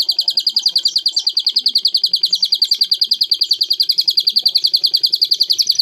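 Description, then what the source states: Greater green leafbird song, a fast steady series of high chirped notes, continuous throughout. Song with canary song fill-ins, local style cucak hijau isian kenari.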